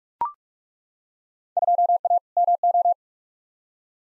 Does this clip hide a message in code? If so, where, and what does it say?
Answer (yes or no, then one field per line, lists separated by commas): yes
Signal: Morse code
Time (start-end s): 1.6-2.9 s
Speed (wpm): 42 wpm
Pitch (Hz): 700 Hz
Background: none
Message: 2A MO